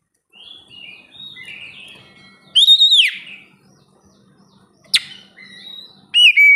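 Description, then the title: Oriental magpie-robin song: soft warbled phrases, then loud arched whistles with harmonics, a sharp click near five seconds, and a final bright whistle. "kacer"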